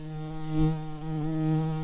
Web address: Lapidarius queens